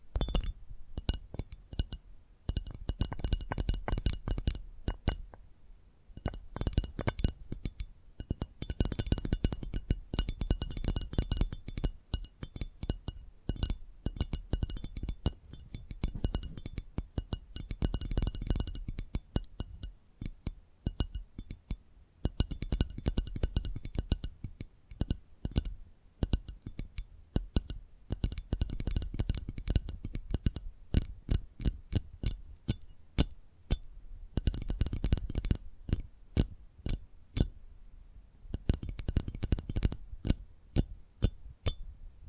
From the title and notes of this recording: ASMR 10 Addictive Tapping Triggers.